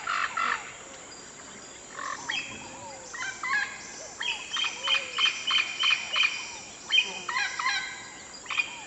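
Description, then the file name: Bird song with short harmonic notes, then a rapid run of evenly repeated bright calls near the middle, and soft chirps from other birds behind. "Natural Sample Makers - Relaxing Birdsong"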